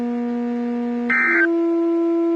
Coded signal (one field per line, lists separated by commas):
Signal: Emergency Alert System (SAME) tones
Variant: end-of-message bursts